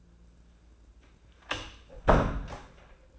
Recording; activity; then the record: daily activity, microphone in the room; close door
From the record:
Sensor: 2